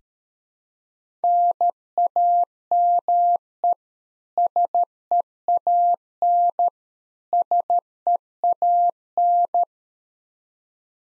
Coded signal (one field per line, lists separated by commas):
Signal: Morse code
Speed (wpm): 13 wpm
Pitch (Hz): 700 Hz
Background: none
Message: NAME SEAN SEAN